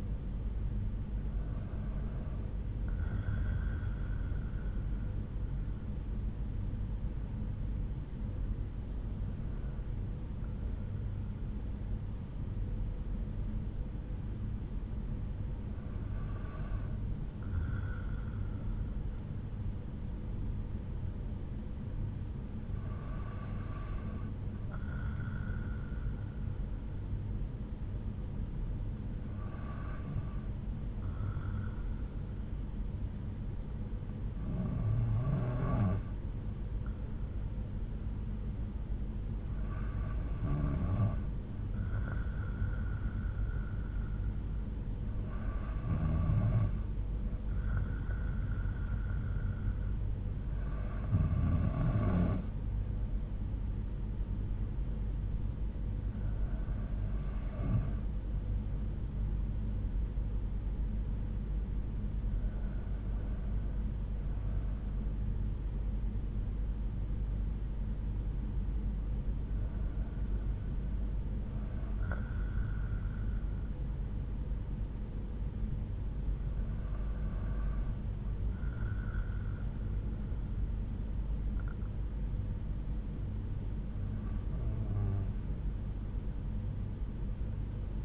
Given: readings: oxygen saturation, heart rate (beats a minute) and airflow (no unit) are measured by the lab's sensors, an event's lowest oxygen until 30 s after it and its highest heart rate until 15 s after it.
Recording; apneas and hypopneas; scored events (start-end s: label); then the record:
breathing in sleep by a smartphone at the bedside; 1
6.00-45.30 s: hypopnea (N1, oxygen 95% highest, then 92% lowest)
10.00-88.05 s: new sleep stage, N2 (light sleep)
From the record:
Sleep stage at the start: N1 (lightest sleep); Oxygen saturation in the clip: 89 to 95%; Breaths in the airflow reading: 14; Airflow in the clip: -6.9 to 5.2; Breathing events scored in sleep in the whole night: 368 in 8.0 hours asleep